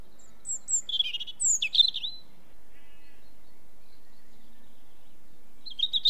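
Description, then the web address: European robin song phrase of high thin notes and quick liquid trills, followed by a long quiet pause, then a brief high note starting another phrase. British bird. "The BBC Sound Effects Library. Robin"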